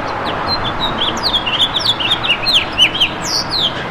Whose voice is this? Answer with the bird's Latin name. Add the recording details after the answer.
Haemorhous mexicanus. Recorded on Long Island, New York, on 11 June 2012. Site HB. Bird D